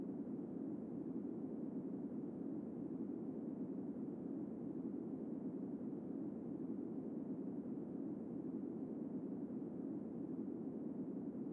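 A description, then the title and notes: Steady, unchanging green noise, a dense even hush centered in the low-mid range, with little brightness above and no distinct events throughout. Cold Leaves Green Noise.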